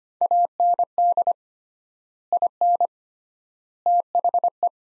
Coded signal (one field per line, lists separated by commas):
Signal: Morse code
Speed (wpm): 25 wpm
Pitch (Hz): 700 Hz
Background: none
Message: AND IN THE